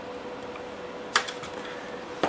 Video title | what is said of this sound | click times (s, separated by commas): Tamiya 1/14 Grand Hauler Semi Truck Build for Novices - Part 2 | so this snaps into place and it is kind of a booger to get it okay | 1.2 s